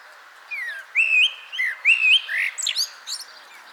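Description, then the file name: Common blackbird singing a short fluted phrase of rising and falling whistles, closing with a quick run of high squeaky notes. "Turdus merula"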